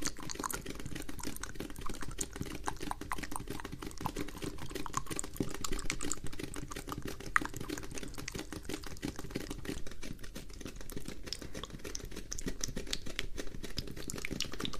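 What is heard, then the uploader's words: Wet mouth sounds and sticky tapping form a dense, steady stream of small clicks and smacks, with one sharper click near seven seconds. ASMR Kisses, Earbud Nibbling, and Mouth Sounds and Sticky Tapping.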